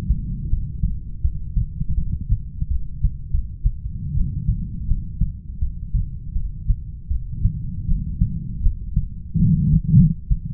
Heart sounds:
heart sounds by stethoscope; 82 bpm
0.49 s: heartbeat
1.22 s: heartbeat
1.95 s: heartbeat
2.69 s: heartbeat
3.31 s: heartbeat
4.15 s: heartbeat
4.88 s: heartbeat
5.60 s: heartbeat
6.33 s: heartbeat
7.08 s: heartbeat
7.87 s: heartbeat
8.62 s: heartbeat
9.38 s: heartbeat
9.96 s: heartbeat
From the record:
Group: heart failure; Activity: rest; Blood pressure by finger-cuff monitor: 83/54 mmHg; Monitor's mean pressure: 65 mmHg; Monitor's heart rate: 81 bpm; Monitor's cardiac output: 7.6 L/min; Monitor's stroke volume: 94 mL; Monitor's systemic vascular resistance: 600 dyn s/cm5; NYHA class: 1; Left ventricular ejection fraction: 39%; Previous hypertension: present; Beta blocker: carvedilol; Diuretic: furosemide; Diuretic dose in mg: 20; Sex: male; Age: 60 years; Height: 178 cm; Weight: 62 kg

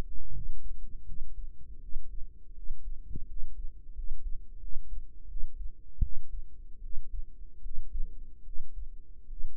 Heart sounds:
heart sounds by microphone in the right ear; 80 bpm
0.31 s: heartbeat
1.04 s: heartbeat
1.78 s: heartbeat
2.53 s: heartbeat
3.25 s: heartbeat
3.93 s: heartbeat
4.58 s: heartbeat
5.26 s: heartbeat
5.99 s: heartbeat
6.79 s: heartbeat
7.60 s: heartbeat
8.42 s: heartbeat
9.26 s: heartbeat
From the record:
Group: healthy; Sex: female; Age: 19 years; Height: 163 cm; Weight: 48.9 kg

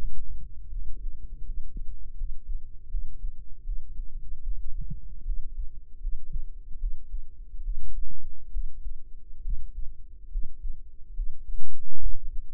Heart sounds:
heart sounds by microphone in the right ear; 74 bpm
0.68 s: heartbeat
1.42 s: heartbeat
2.14 s: heartbeat
2.88 s: heartbeat
3.62 s: heartbeat
4.42 s: heartbeat
5.23 s: heartbeat
5.98 s: heartbeat
6.77 s: heartbeat
7.61 s: heartbeat
8.50 s: heartbeat
9.41 s: heartbeat
10.28 s: heartbeat
11.12 s: heartbeat
11.97 s: heartbeat
From the record:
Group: healthy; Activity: rest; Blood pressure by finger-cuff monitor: 112/73 mmHg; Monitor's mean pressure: 88 mmHg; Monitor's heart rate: 76 bpm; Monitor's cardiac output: 6.5 L/min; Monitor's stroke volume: 88 mL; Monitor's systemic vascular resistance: 1000 dyn s/cm5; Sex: female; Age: 22 years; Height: 160 cm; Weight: 45 kg

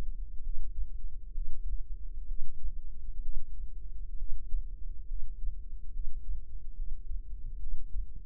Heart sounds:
heart sounds by microphone in the right ear; 67 bpm
0.41 s: heartbeat
1.33 s: heartbeat
2.26 s: heartbeat
3.21 s: heartbeat
4.16 s: heartbeat
5.06 s: heartbeat
5.91 s: heartbeat
6.74 s: heartbeat
7.59 s: heartbeat
From the record:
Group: healthy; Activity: breath hold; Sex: female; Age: 22 years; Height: 157 cm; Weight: 47.6 kg

